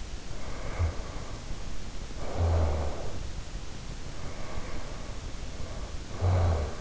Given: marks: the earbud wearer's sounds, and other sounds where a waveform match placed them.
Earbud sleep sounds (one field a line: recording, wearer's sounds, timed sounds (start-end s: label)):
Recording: sounds in sleep by an in-ear microphone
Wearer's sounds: snoring breath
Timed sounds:
0.32-3.57 s: snoring breath
3.99-6.81 s: snoring breath